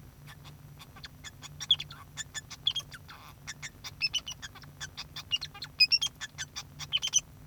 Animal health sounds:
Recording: song of a male Bengalese finch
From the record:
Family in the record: son of father 2

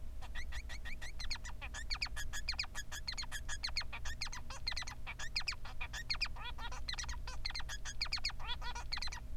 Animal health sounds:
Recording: song of a male Bengalese finch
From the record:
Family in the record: son of father 3

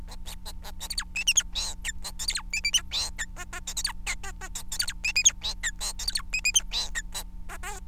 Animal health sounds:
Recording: song of a male Bengalese finch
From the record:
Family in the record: son of father 4

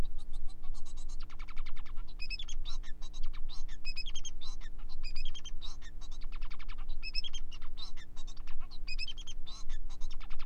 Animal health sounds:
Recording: song of a male Bengalese finch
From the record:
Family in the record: son of father 4

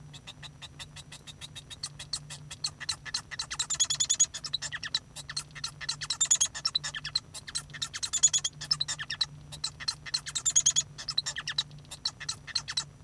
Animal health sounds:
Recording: song of a male Bengalese finch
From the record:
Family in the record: son of father 1

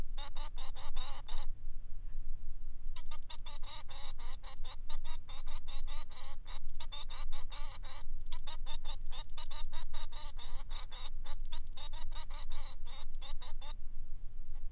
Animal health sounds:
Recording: song of a male Bengalese finch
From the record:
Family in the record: son of father 3

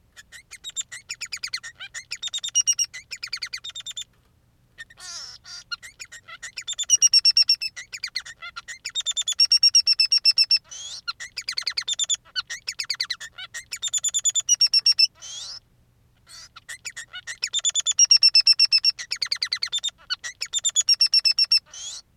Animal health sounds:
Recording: song of a male Bengalese finch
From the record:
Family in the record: son of father 3

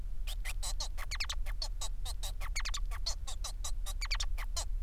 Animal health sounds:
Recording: song of a male Bengalese finch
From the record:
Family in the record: son of father 4

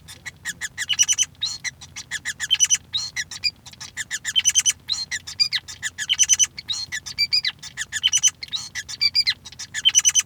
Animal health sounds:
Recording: song of a male Bengalese finch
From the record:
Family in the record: son of father 5

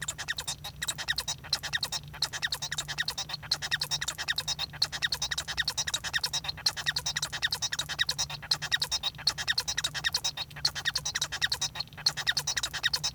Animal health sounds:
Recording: song of a male Bengalese finch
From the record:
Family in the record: son of father 1

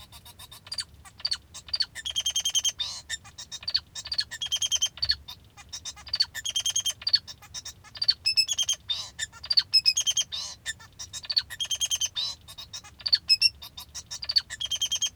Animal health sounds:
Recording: song of a male Bengalese finch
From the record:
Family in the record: father 2

